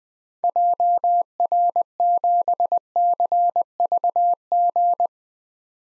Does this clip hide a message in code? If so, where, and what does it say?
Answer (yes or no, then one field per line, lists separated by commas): yes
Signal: Morse code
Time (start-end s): 0.4-5.1 s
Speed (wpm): 20 wpm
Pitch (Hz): 700 Hz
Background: none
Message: JR7CVG